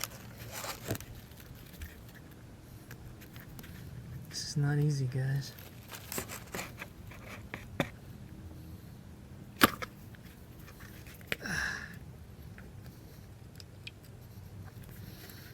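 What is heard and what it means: A plastic brake fluid reservoir is worked and pressed down into the rubber grommets of a new master cylinder on a 2004 VW Jetta, with scattered short knocks and creaks of handling while someone talks. The sharpest tick comes near 9.6 s. The reservoir has not seated or snapped into place yet.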